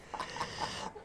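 A rapid string of about four short, croaky, gurgling bursts within one second, rising and falling in loudness. These are belches after surgery, air passing up from the esophagus.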